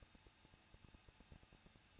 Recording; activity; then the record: daily activity, microphone in the room; no activity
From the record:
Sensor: 2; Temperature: 21.0 degrees Celsius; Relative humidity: 37.4%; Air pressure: 1006.2 hPa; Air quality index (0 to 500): 222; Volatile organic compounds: 24 ppm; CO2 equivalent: 2810 ppm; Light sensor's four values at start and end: 2/3/2/2 and 2/3/2/2